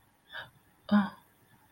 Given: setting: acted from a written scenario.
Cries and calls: vocal sound without words; romantic love

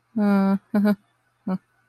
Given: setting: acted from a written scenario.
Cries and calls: vocal sound without words; relief

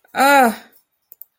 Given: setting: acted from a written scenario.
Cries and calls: vocal sound without words; negative surprise

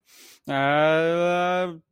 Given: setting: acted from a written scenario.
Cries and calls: vocal sound without words; fear

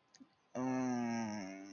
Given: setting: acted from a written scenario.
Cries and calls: vocal sound without words; ecstasy

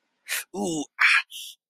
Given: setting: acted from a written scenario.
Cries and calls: vocal sound without words; pain

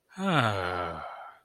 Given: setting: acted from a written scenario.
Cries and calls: vocal sound without words; contentment

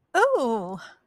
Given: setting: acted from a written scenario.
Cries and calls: vocal sound without words; positive surprise

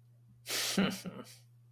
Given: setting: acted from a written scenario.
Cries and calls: vocal sound without words; amusement

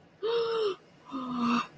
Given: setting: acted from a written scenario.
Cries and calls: vocal sound without words; desire

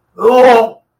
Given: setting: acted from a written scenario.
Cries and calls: vocal sound without words; disgust

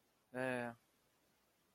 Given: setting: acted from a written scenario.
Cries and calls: vocal sound without words; sympathy

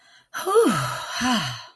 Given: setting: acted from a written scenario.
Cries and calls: vocal sound without words; ecstasy

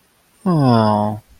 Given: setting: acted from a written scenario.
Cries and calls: vocal sound without words; sadness

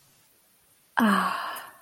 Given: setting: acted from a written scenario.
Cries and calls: vocal sound without words; serenity

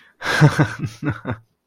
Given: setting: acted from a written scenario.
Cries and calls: vocal sound without words; amusement

